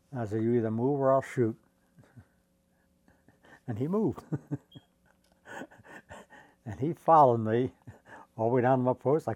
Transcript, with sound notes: And I said, "You either move or I'll shoot." And he moved. [chuckles] And he followed me all the way down to my post.